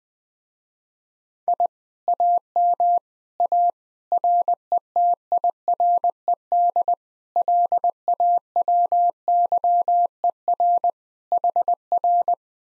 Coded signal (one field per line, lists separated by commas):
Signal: Morse code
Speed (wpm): 20 wpm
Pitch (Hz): 700 Hz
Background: none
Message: I AM A RETIRED LAWYER HR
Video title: Common QSO Phrases Encore Speed-Racing - 15wpm